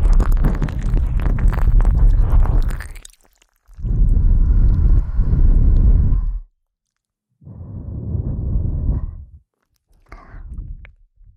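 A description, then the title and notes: Close, low crunching and chewing comes in bursts, loud and dense for three seconds, then shorter chunks separated by dead-quiet pauses. ASMR Fast Ear Eating.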